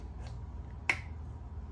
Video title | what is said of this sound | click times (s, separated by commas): Rear View Bike Camera Review | like so when you hear a click there | 0.9 s